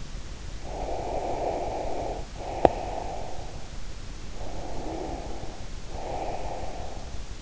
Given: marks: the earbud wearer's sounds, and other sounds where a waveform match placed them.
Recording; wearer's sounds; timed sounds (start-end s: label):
sounds in sleep by an in-ear microphone; breath
0.55-3.63 s: breath
4.28-7.18 s: breath